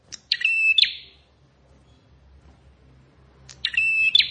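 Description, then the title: Plain prinia singing two harsh, buzzy, stuttering phrases separated by a pause of about two and a half seconds, background otherwise quiet. "Ciblek Sawah"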